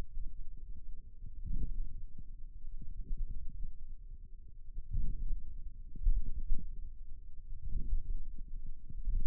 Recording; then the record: forearm muscle sounds (acoustic myography)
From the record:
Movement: outward rotation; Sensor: system 2, bracelet of six BSWA MPA416 microphones around the upper forearm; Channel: 4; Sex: male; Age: 22 years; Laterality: right